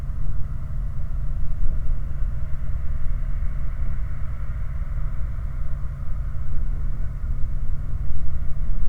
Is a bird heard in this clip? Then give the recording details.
no. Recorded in the Prudhoe Bay oil fields, Alaska, on 9 August 2019 at 21:50. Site 29